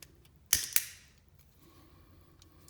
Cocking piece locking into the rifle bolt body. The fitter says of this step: then you just pull and turn so it locks into the firing position you'll hear it click